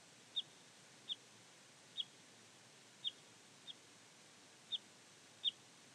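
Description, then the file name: Parrot crossbill calls: single clipped high notes repeated roughly every second, slightly uneven in timing, over faint steady hiss. "Jelmer Poelstra - Klyost-sosnovik Loxia pytyopsittacus (Zvyki com)"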